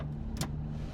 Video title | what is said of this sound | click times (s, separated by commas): How to EASILY Install a Diesel Heater - Don't Let it Scare You | Wait for that satisfying click. | 0.4 s